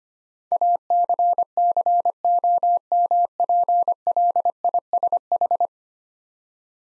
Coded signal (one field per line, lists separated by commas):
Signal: Morse code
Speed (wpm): 25 wpm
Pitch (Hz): 700 Hz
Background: none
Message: ACCOMPLISH